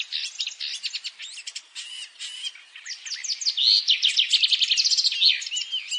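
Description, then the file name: Eurasian blackcap warbling steadily, a fast stream of sharp varied notes that grows louder and becomes more rapid and rhythmic toward the end. "Sylvia atricapilla"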